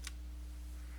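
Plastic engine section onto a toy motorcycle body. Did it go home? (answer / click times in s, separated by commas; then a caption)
yes / 0.1 s. Plastic engine sections of a toy Bat bike motorcycle are pushed down onto its body, giving one sharp, bright click at 0.1 s over a steady low hum. The sections snap down and seat into place with a nice tight seal.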